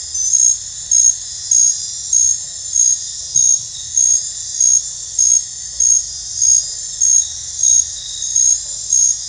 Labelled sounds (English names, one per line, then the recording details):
none
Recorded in dense forest near Puerto Asís, Putumayo, Colombia, on 20 December 2024 at 22:30
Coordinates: 0.468, -76.322
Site G071